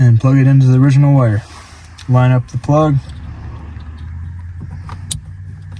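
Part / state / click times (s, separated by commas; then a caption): start/stop eliminator harness plug into the original vehicle wiring connector / seated / 5.1 s. Someone talks as a cheap auto start/stop eliminator harness plug is lined up and pushed into the original plastic wiring connector of a 2019 Ford F150 truck. Quiet handling noise follows, then a loud, sharp snap at 5.1 s as the latch engages and the plug seats in the connector.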